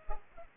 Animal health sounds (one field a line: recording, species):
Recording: mosquito wingbeat signal from an infrared sensor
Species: Culex pipiens